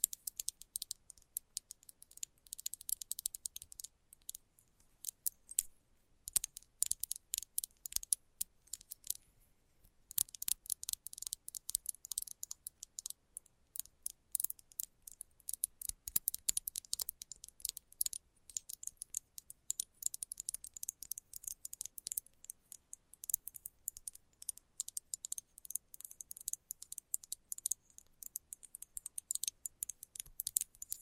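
Fast, light tapping runs almost without pause for the whole 31 seconds, a dense patter of small, crisp clicks that sit mostly in the bright upper range. Brief lulls come near 10 and 15 seconds before the rapid, uneven taps resume at a steady pace.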